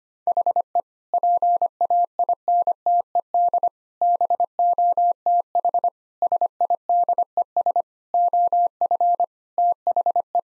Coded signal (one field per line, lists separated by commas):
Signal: Morse code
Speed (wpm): 25 wpm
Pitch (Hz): 700 Hz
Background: none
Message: HE PAINTED BOTH SIDES OF THE